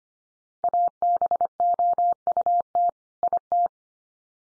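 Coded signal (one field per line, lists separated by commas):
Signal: Morse code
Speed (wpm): 25 wpm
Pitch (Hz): 700 Hz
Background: none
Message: ABOUT IT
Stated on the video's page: Head-copy drill of common two-word groups sent at 25 wpm, each sent, then spoken, then sent again.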